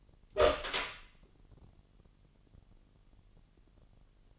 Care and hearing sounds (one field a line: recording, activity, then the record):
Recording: daily activity, microphone in the room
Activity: open door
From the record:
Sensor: 4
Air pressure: 999.2 hPa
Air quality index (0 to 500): 115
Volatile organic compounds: 2 ppm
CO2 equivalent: 1136 ppm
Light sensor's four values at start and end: 13/31/12/14 and 13/32/13/14